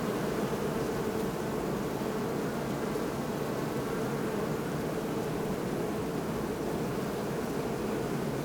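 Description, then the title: Western honey bee: steady droning hum of many honey bees, constant and unvarying. Hum of hundreds of bees at beehives in a botanical garden in Oldenburg; recorded with a Sony PCM D50. "Botanischer Garten Oldenburg - bee hive"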